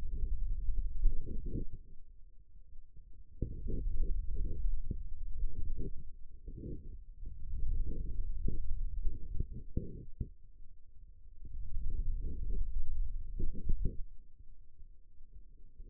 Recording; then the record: forearm muscle sounds (acoustic myography)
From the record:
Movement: hand closing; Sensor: system 2, bracelet of six BSWA MPA416 microphones around the upper forearm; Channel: 3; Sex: male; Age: 22 years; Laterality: right